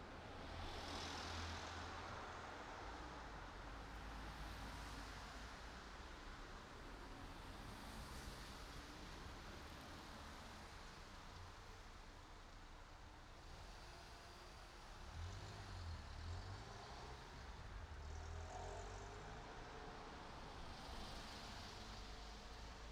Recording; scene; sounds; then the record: everyday scene through a hearing-aid microphone; in traffic; traffic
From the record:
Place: city secondary road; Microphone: in the ear canal, right